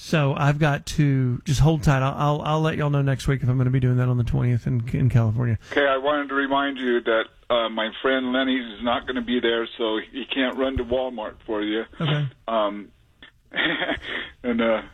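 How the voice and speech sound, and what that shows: Fluent, casual adult male speech about event plans, partly phone-quality, with ordinary rhythm and voice.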